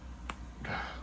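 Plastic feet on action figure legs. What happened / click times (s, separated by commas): A small plastic part popped off its peg / 0.3 s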